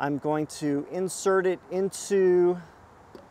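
A vehicle-to-load (V2L) adapter plug is being handled at the charge port of a Fisker Ocean, ready to be pushed in once the DC caps are removed. Someone talks throughout, with quiet background after the speech. Nothing has seated or clicked yet in this clip.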